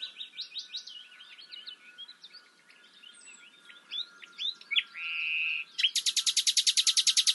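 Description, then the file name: Common nightingale singing a string of varied twittering phrases, then a sustained steady whistle, followed by a fast series of loud repeated notes; a faint steady hum underneath. "Luscinia megarhynchos"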